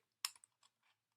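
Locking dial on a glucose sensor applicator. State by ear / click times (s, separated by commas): not seated / none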